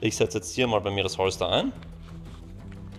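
A Kydex holster is being inserted into the flat mount of a belt-mounted DCC Mono Block. Someone talks for the first 1.7 seconds, followed by quiet handling with a faint tick near 2.7 s. The holster has not clicked into place or seated yet.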